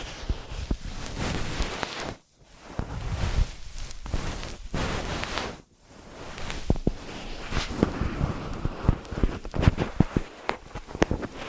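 Ear massage and cleaning: dense rubbing and scratching with brief silent gaps near two and six seconds, then sharper clicking taps later on.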